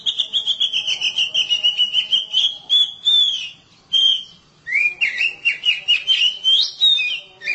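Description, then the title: Oriental magpie-robin song of sweet, fluting whistled phrases with quick trilled notes, broken by short pauses, clear against a quiet background. "Suara Kicauan Burung Kacer"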